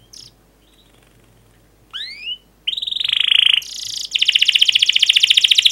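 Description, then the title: Canary song: a few sparse rising chirps, then a sustained buzzy trill followed by a fast, loud rattling trill of rapid repeated notes. Energetic, fast, dense canary song with chirping and rolling phrases, played to lure and teach young canaries to sing. "Kenari Gacor Speed RAPAT Cuit Cuit Ngero L Suara Bagus Untuk Pancingan Kenari Paud Belajar Bunyi"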